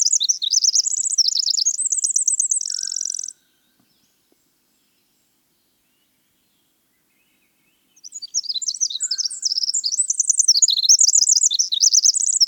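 Winter wren pouring out a rapid, high-pitched jumble of notes and trills, going quiet for several seconds, then launching into another tumbling song.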